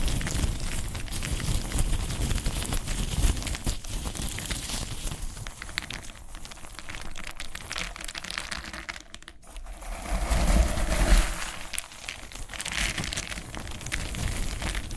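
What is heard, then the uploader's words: Cork is rubbed and scratched in a dense, crackly texture made of many quick dry ticks and rustles. The handling eases into a brief lull around nine seconds, then returns a little louder and brighter before settling into steady scratching again. ASMR Cork Triggers. (No Talking).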